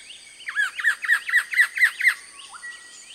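Buff-breasted paradise kingfisher call: a quick series of about seven hooked whistled notes at a steady pace, followed by faint thinner notes.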